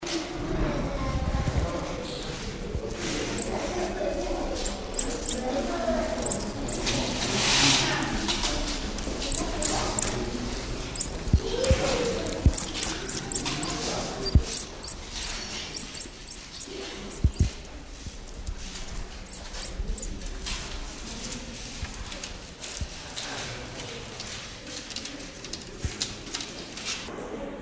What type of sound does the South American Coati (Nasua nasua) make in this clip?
call